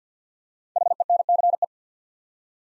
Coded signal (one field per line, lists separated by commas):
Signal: Morse code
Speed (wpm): 49 wpm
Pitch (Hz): 700 Hz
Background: none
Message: HENCE